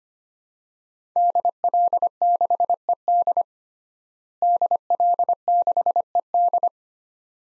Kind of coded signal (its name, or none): Morse code